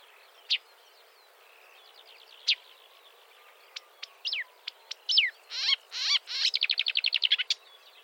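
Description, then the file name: Marsh warbler song: scattered sharp notes building into a fast varied run of chattering, buzzy trills and rapid repeated clicks in the final seconds. "suara kicauan burung marsh warbler. omkicau"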